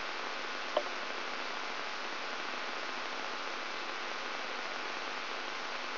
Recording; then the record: brain microelectrode recording played as sound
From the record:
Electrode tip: outside the subthalamic nucleus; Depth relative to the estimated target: -2 mm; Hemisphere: right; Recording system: AlphaMap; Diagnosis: Parkinson's disease